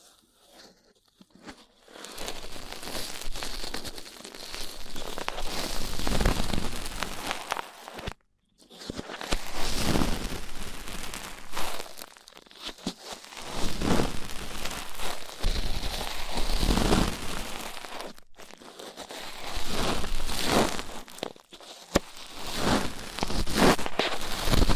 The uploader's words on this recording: ASMR Rough Ear Cleaning (No Talking).